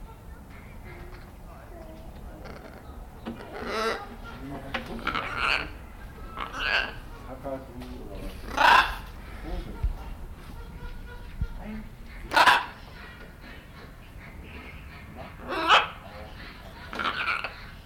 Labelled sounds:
Red-fronted Macaw call

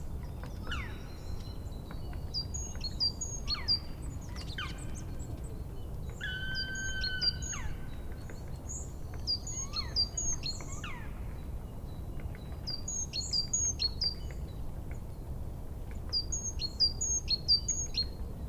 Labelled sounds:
Black Woodpecker call

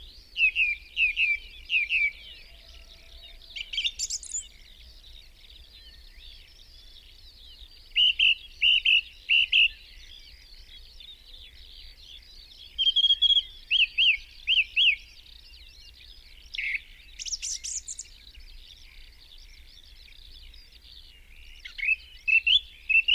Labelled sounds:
Song Thrush song

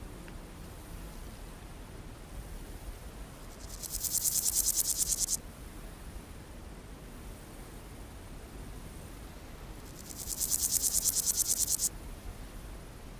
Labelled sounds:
Meadow Grasshopper

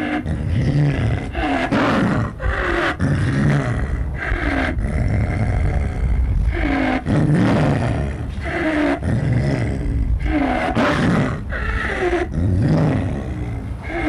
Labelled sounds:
Snow Leopard call

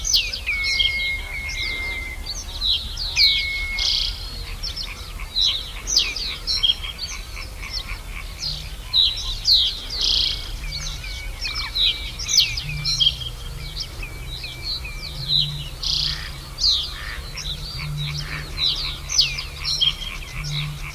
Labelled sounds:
Reed Bunting

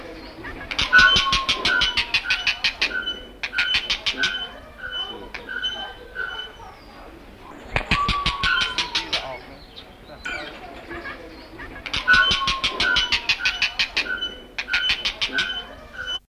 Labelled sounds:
Oriental Dollarbird call

